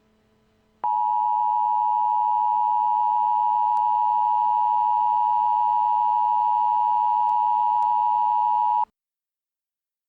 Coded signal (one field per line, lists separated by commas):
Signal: Emergency Alert System (SAME) tones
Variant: 853 and 960 Hz attention tone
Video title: Doctor Who - Steven Universe Crossover Episodes - Emergency Alert System Broadcasts